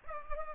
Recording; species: mosquito wingbeat signal from an infrared sensor; Culex pipiens